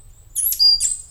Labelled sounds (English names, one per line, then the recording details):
Stitchbird song
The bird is a male
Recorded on Tiritiri Matangi Island, New Zealand, in 2005
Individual 11, of nest box 13